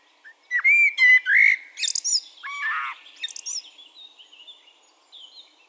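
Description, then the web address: Eurasian blackbird giving a loud whistled warble interleaved with squeaky, rapid high notes, trailing off into faint twitters. "SETE data Turdus merula"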